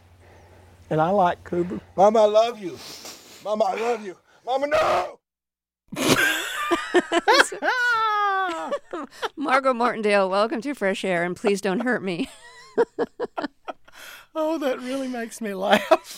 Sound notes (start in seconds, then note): 5.9 soundbite of laughter; 11.4 soundbite of laughter